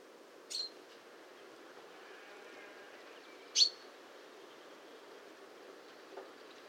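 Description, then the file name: Common chaffinch calls: two sharp, high single notes about three seconds apart, over steady quiet background noise. "Fringilla coelebs"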